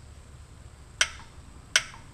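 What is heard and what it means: A click torque wrench is worked on the oil drain plug in the oil pan, and its small, sharp click sounds at 1.0 s and again at 1.8 s over a quiet background. Each click means the plug has reached 29 ft-lb and tightening should stop right there.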